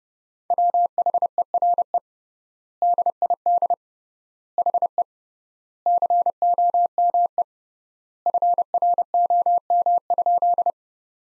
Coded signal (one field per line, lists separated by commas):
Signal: Morse code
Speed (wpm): 32 wpm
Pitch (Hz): 700 Hz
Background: none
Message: WHERE DID HE COME FROM?